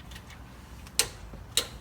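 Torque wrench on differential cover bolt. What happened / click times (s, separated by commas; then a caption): Torque wrench clicks at its set value / 1.0 s, 1.6 s. A click-type torque wrench set to 180 in-lb tightens the next rear differential cover bolt, worked in a cross pattern, on a 2006 Escalade during a fluid change. After a quiet stretch, two sharp clicks ring out at 1.0 s and 1.6 s, showing the wrench has reached its setting and the bolt is nice and tight.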